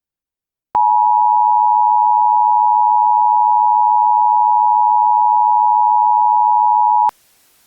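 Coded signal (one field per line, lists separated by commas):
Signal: Emergency Alert System (SAME) tones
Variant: 853 and 960 Hz attention tone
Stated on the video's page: Fictional EAS scenario about hostile aliens, not a real alert.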